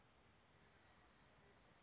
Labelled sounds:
California Towhee

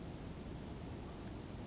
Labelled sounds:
Chestnut-backed Chickadee

